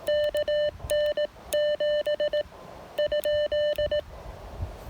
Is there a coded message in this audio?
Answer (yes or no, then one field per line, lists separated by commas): yes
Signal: Morse code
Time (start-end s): 0.1-4.0 s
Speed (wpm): 18 wpm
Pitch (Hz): 600 Hz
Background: none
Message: KN7 ?